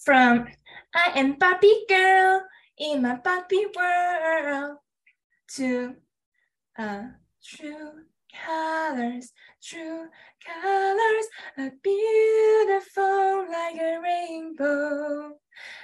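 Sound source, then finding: Adult woman speaking. Aphasia.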